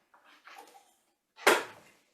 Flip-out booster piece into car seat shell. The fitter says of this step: and clip it into place